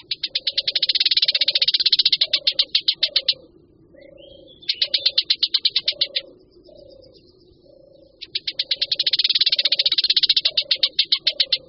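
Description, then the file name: Barred warbler delivering long, rapid chattering rattles, three bursts separated by pauses, with soft low repeated cooing throughout. "Pěnice-vlašská"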